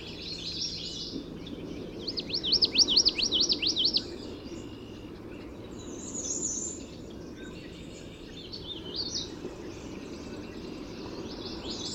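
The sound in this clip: Common yellowthroat song: a bright, rapid series of repeated high, rolling phrases lasting about two seconds, then soft high chips and twitters over low background noise.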